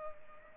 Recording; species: mosquito wingbeat signal from an infrared sensor; Culex pipiens